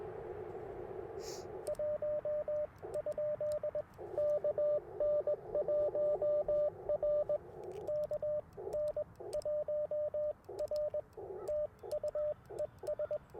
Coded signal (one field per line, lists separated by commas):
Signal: Morse code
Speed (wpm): 20 wpm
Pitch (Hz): 600 Hz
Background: radio noise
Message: 1? KN1R KN1R TU ES